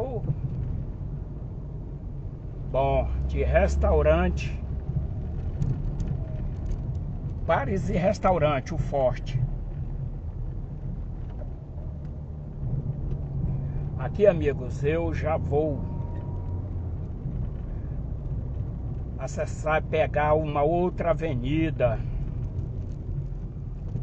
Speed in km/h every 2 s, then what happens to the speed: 29, 25, 24, 23, 22, 22, 33, 37, 36, 34, 30, 19.
0-10 slows to 22. 10-16 speeds up to 36. 16-24 slows to 19.